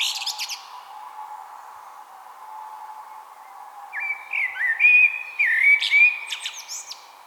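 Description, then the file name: Eurasian blackbird: a short high squeaky burst, a quiet pause with faint hum, then a clear warbled phrase of fluty whistles and high twitters. "Turdus merula"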